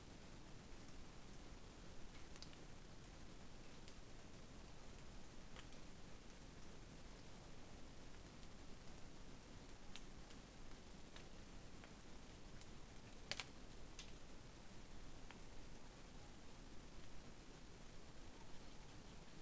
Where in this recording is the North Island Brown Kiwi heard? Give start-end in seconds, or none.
none